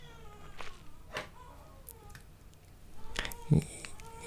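Faint, high, wavering wails rise and fall in the background across a few seconds, with pitch sliding up and down in short bursts. It is a baby crying at a distance, heard over quiet room noise.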